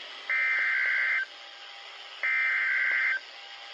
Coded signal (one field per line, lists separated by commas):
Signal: Emergency Alert System (SAME) tones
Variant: header bursts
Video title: Severe Thunderstorm Warning on WNG642 #EAS